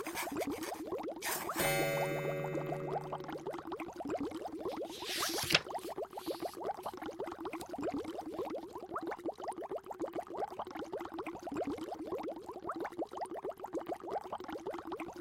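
A potion bubbles steadily in a flask, a dense run of quick little pops and gurgles that carries on without pause. Near the start comes a brief bright tonal chime that fades by about four seconds, and around five seconds a short hissing burst cuts through.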